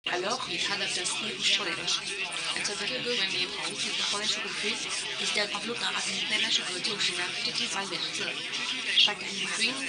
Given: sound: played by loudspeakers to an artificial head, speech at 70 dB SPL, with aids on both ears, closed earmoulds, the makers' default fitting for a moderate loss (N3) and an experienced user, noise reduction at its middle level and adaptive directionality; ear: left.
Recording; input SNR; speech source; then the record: speech test signal (ISTS) in cocktail-party noise; +3 dB; on the right (90 degrees)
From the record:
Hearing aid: class 2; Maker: A